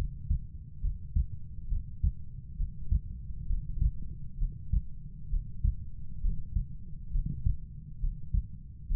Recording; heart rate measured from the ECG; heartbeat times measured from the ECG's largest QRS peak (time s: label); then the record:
heart sounds by stethoscope; 67 bpm
0.82 s: heartbeat
1.69 s: heartbeat
2.57 s: heartbeat
3.47 s: heartbeat
4.39 s: heartbeat
5.30 s: heartbeat
6.22 s: heartbeat
7.12 s: heartbeat
8.00 s: heartbeat
8.88 s: heartbeat
From the record:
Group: healthy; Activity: Valsalva maneuver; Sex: female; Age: 22 years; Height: 160 cm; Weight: 63 kg